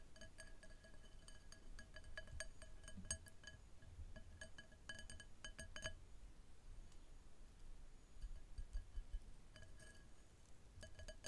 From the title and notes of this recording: LUCOZADE EXTREME FIZZY & ICE EATING MUKBANG No Talking.